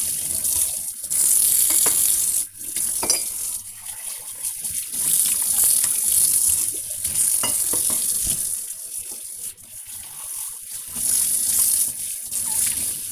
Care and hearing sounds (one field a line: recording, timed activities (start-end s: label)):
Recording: household activities, microphone on the right wrist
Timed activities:
0.00-13.12 s: washing dishes